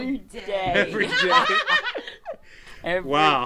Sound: laughter